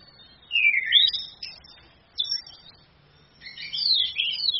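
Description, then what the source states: Orange-headed thrush song: three warbled phrases of whistled, jumbled notes separated by short pauses. Female; used as a training recording for other birds.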